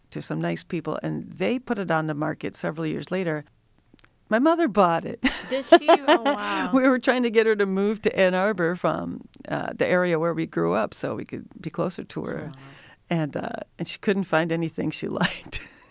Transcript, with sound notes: to some nice people and they put it on the market several years later, my mother bought it. [LAUGHTER]
Did she? [OVERLAPPING]
We were trying to get her to move to Ann Arbor from the area where we grew up, so we could be closer to her and she couldn't find anything she liked.